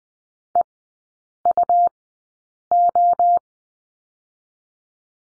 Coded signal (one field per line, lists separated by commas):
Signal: Morse code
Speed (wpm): 20 wpm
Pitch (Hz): 700 Hz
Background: none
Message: EUO